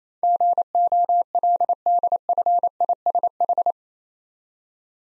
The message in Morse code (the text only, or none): GOLDFISH